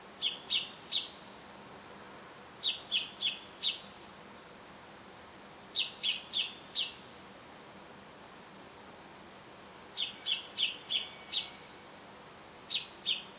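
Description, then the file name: Eurasian blackbird uttering quick clusters of several hard, high chinks, each cluster followed by a pause of a few seconds. "Turdus merula"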